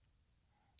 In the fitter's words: с характерным щелчком хороший